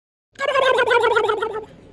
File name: turkey gobble